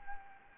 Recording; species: mosquito wingbeat signal from an infrared sensor; Anopheles gambiae